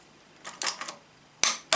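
A torque wrench tightens the top exhaust header nut of a TEC 2-1 stainless exhaust on a Triumph Bonneville, set to the same setting as the previous nut. Soft ratcheting and metallic ticks are heard as it turns between about 0.4 and 0.9 seconds. The wrench then gives sharp clicks at 1.4 and 1.7 seconds, confirming the nut has reached torque.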